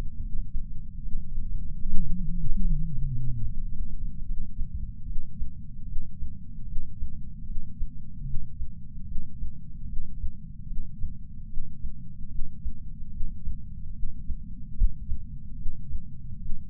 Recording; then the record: heart sounds by patch sensor on the chest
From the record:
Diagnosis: coronary artery disease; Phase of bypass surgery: postoperative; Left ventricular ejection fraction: 62.4%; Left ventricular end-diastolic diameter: 42 mm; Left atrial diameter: 34 mm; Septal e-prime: 9 cm/s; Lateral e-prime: 10 cm/s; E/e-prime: 10.4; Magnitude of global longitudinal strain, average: 12.8%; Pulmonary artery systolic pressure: 24 mmHg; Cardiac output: 5.9 L/min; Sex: male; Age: 63 years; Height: 165 cm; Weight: 70 kg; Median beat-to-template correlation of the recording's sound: 0.92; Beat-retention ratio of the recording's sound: 0.96